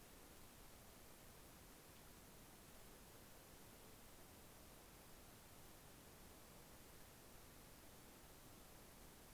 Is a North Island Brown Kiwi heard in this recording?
no